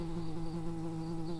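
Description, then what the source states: Early bumblebee buzzing steadily, a continuous low drone with a rich stack of harmonics and no breaks, holding one pitch throughout. Worker bumblebees.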